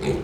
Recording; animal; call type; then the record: contact call of a hoofed animal; pig; closed-mouth grunt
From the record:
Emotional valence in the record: positive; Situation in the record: food and toys in familiar pen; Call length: 0.24 s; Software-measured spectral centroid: 2020 Hz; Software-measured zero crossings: 1190 a second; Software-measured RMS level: -25 dBFS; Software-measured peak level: -13 dBFS